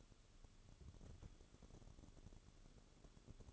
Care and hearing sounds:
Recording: daily activity, microphone in the room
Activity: place on stove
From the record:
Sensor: 4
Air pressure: 1008.8 hPa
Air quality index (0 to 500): 125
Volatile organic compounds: 1 ppm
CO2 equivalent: 914 ppm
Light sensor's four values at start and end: 10/24/9/9 and 10/24/9/9

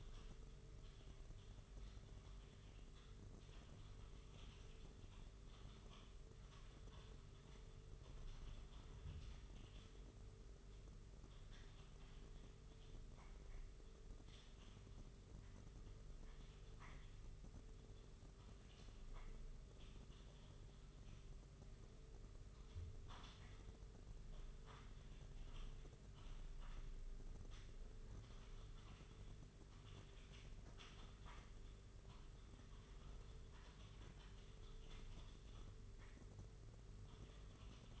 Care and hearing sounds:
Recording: daily activity, microphone in the room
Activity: typing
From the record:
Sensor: 4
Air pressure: 991.8 hPa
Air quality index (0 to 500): 120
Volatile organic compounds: 27 ppm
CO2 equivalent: 2880 ppm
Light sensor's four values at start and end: 20/65/24/24 and 20/65/24/24

